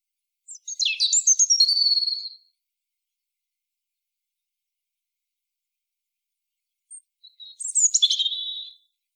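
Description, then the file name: European robin song: two high, thin warbled phrases with quick sliding whistles and a fine trill, separated by a long silence. The background is otherwise quiet. "Erithacus rubecula"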